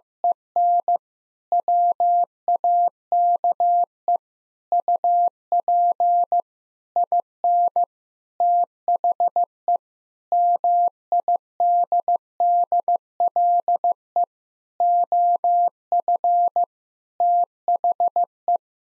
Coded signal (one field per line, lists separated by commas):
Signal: Morse code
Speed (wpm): 15 wpm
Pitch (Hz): 700 Hz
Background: none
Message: EN WAKE UP IN THE MIDDLE OF THE